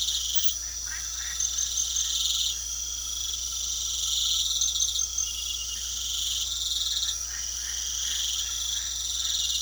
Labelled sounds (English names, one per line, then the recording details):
none
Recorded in pastures near Puerto Asís, Putumayo, Colombia, on 9 March 2025 at 23:00
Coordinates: 0.497, -76.327
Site G072